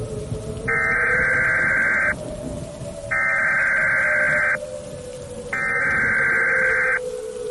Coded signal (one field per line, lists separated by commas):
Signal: Emergency Alert System (SAME) tones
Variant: header bursts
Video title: FROM THE ARCHIVES: EAS Mock - Dodgy Disaster